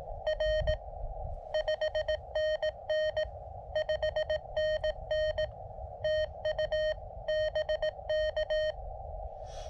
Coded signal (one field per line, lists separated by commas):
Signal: Morse code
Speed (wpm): 17 wpm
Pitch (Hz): 620 Hz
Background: none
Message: R 5NN 5NN TU BK